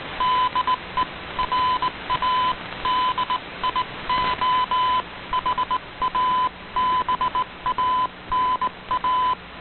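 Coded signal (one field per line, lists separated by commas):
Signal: Morse code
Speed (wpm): 18 wpm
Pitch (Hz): 1010 Hz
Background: radio noise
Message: DE RADIO HABANA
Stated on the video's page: Shortwave broadcast on 15140 kHz received on an Icom IC-R8600, with some fading.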